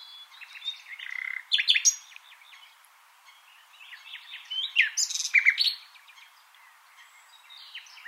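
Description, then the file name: Common nightingale: songbird phrases of jumbled chirps and short trills in two loud bursts, with quieter scattered notes between them. "Luscinia megarhynchos"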